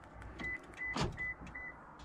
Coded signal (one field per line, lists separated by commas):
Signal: none